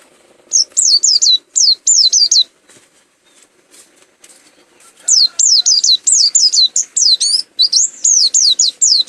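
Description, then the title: White-eye song in two bursts of high, quick whistled notes separated by a pause of a few seconds. Endemic white-eye from Malang, East Java. "Burung Pleci Macok Endemik Jatim Malang"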